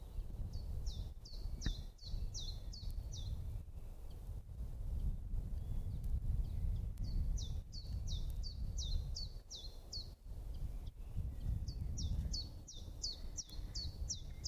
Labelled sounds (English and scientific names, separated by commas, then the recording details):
Common Chiffchaff (Phylloscopus collybita) song
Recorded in the wild
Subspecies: collybita
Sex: male
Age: adult
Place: Spitzberg, Tübingen, Baden-Württemberg, DE
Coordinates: 48.5167, 9.01667
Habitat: forest
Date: 1969-04-21 12:00
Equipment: Nagra III PH, MD 421, Windschutz, LGS26
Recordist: Faber, A., Nedo and Schneider, H.-J
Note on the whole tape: Testaufnahmen mit MD421 + Windschutz. MaAs: R.V